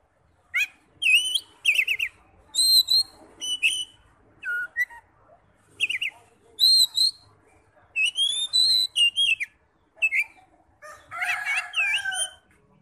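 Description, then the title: Oriental magpie-robin singing varied whistled phrases, rising slurs and harsh notes, ending in a dense scratchy flourish. "Kacer"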